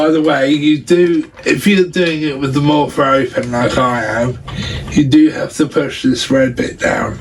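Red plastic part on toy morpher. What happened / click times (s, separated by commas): Handled, not yet seated: no click from the plastic part / none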